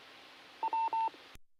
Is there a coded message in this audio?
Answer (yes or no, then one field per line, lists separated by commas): no